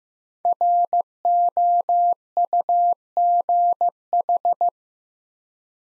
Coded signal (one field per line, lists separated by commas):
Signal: Morse code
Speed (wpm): 15 wpm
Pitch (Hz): 700 Hz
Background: none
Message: ROUGH